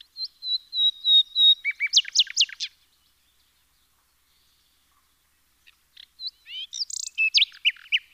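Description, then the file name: Common nightingale song: steady repeated whistled notes leading into sharp sweeping chirps, then silence before another varied, chattering phrase. "Luscinia megarhynchos"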